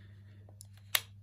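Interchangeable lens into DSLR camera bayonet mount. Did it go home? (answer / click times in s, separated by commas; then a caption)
yes / 0.9 s. An interchangeable lens is mounted on a Nikon D3100 DSLR bayonet mount: with the white dots lined up, it is twisted anti-clockwise over a steady low hum, with faint ticks of the mount turning around 0.5, 0.6 and 0.8 s. At 0.9 s a sharp, bright click is heard as the mount lock snaps and the lens seats in place.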